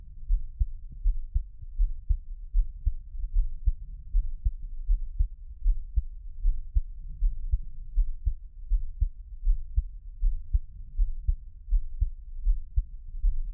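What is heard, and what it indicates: Soft, deep thumps repeat at a steady pace of roughly 79 beats a minute, with a low muffled rumble between beats. It is an adult's own heartbeat, captured up close with a 3Dio binaural microphone for ASMR, with no talking and no other sounds.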